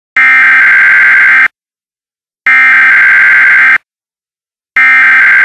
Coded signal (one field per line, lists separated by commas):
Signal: Emergency Alert System (SAME) tones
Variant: header bursts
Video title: Required Monthly Test #1